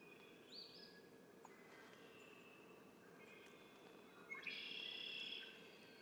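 Red-winged blackbird song, a buzzy trill rising out of steady background hiss, preceded by faint thin whistles.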